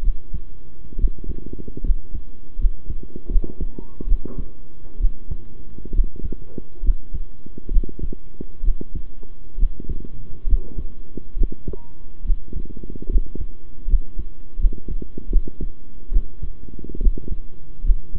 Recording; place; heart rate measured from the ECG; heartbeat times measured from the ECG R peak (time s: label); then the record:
heart sounds by stethoscope; between the tricuspid and mitral areas; 71 bpm
0.02 s: heartbeat
0.97 s: heartbeat
1.83 s: heartbeat
2.58 s: heartbeat
3.29 s: heartbeat
4.06 s: heartbeat
4.99 s: heartbeat
5.93 s: heartbeat
6.82 s: heartbeat
7.70 s: heartbeat
8.63 s: heartbeat
9.57 s: heartbeat
10.46 s: heartbeat
11.36 s: heartbeat
12.24 s: heartbeat
13.09 s: heartbeat
13.87 s: heartbeat
14.58 s: heartbeat
15.30 s: heartbeat
16.11 s: heartbeat
17.00 s: heartbeat
17.83 s: heartbeat
From the record:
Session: rest, sitting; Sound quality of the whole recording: good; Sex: male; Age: 23 years